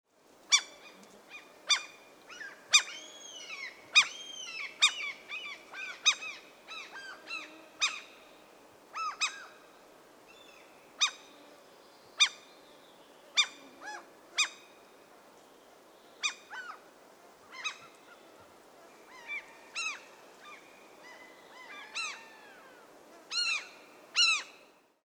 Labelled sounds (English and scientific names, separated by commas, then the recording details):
Common Gull (Larus canus)
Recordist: Frommolt, Karl-Heinz
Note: Rufe